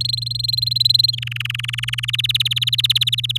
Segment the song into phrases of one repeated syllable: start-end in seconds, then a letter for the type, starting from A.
0.00-1.11 A, 1.13-2.05 B, 2.08-3.38 C